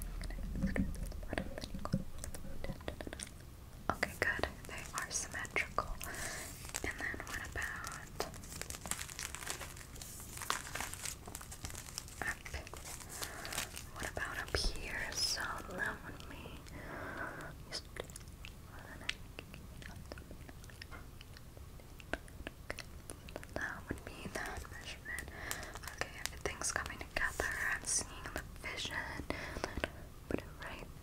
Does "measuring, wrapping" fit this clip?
yes